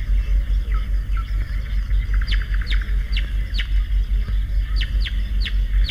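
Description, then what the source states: Marsh Warbler giving sparse sharp notes: a few soft chirps followed by several high descending flicks, with a steady low rumble beneath. Settles in hedges and willow thickets; simple song decorated with fragments borrowed from other birds.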